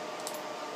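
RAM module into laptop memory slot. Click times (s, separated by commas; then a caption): 0.3 s. A RAM stick slid into the memory socket of a Dell Latitude E7440 laptop is pressed down until the retaining clips snap, giving one short, sharp click at 0.3 s over a steady background hiss. The module seats in the slot.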